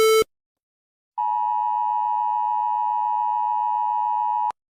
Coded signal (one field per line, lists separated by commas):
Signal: Emergency Alert System (SAME) tones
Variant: 853 and 960 Hz attention tone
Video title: Rating EAS Alarms part 1 (Spanish)